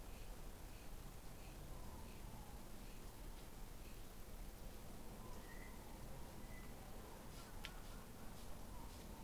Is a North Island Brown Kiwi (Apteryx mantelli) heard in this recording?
no